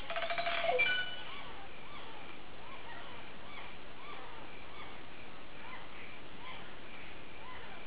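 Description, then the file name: Green oropendola opening with a loud bubbling, liquid phrase and clear whistles, followed by faint, regularly repeated chirps from other birds in the background. "psarocolius viridis"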